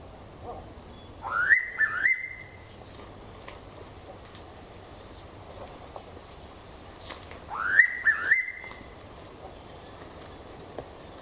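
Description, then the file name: Noisy pitta giving two loud whistled calls about six seconds apart, each a rising slur followed by clipped notes ending in a held whistle, over a steady background hiss. "Pitta Versicolor"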